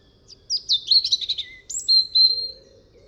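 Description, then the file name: European robin delivering a tumbling phrase of liquid, high-pitched warbles followed by a couple of drawn-out thin whistles. "Erithacus rubecula"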